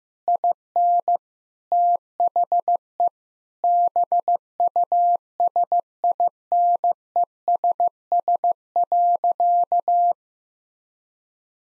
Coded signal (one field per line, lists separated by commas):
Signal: Morse code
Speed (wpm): 15 wpm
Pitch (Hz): 700 Hz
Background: none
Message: IN THE BUSINESS.